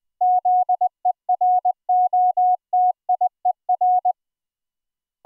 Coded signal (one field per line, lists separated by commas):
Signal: Morse code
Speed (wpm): 20 wpm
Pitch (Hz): 730 Hz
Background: none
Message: ZEROTIER